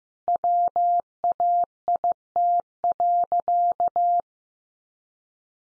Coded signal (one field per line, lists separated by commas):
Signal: Morse code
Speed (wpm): 15 wpm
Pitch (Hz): 700 Hz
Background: none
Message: WAIT.